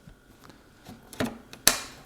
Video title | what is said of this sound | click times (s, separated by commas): Olight "Odin Mini" Tactical Weapon Torch / Flashlight | and you'll hear it click in just like so now | 1.7 s